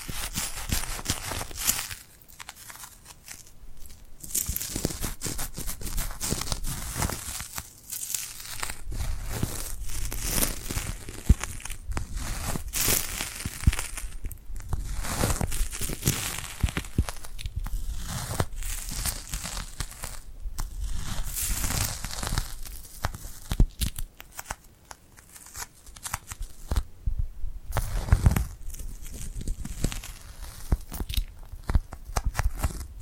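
Tacky, glued hands are pressed together and peeled apart, making dense, crackly sticking and tearing sounds. The crinkly peeling comes in quick irregular bursts with brief pauses around 2, 8 and 27 seconds. The sound is bright and crisp with a soft low thump underneath.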